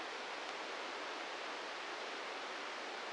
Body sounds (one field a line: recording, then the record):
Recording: brain microelectrode recording played as sound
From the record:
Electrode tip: inside the subthalamic nucleus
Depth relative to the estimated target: 0 mm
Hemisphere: left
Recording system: NeuroSet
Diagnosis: Parkinson's disease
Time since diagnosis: 13 years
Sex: male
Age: 66 years